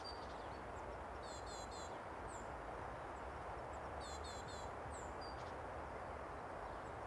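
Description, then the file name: Great tit song: two quick runs of repeated high, sharp double notes, with a few scattered thin chirps between them and a constant low roar underneath. "Parus major"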